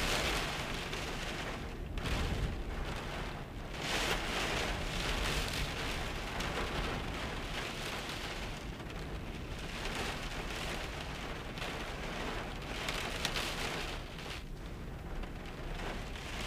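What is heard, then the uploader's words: Wet, windy storm with dense rain pattering steadily, deep rushing gusts swelling and easing every few seconds, all continuous. Winter Storm Elin. Storm Elin came through the UK over the weekend. Let's say it was windy, and wet. So, for once I recorded the sounds from my van.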